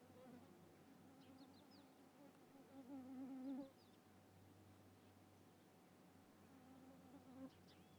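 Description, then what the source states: Fly buzzing, a wavering hum that swells loudest for about a second near the middle, fades, then returns briefly near the end; faint bird chirps in the background. Country atmosphere with birds and flies.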